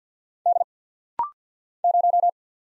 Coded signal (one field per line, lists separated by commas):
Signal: Morse code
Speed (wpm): 48 wpm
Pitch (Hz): 700 Hz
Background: none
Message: D 0